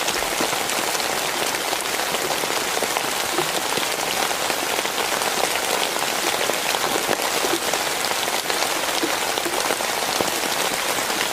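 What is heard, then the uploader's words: Steady rain falls throughout, a dense, even hiss of countless drops striking a surface. The sound is bright, with fine crackling detail and little low rumble, holding the same level from start to finish. Rain Sounds.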